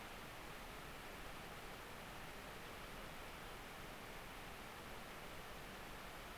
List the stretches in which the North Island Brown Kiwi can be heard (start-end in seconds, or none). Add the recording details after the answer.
none. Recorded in New Zealand on 10 October 2014. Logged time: 22:59. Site DE66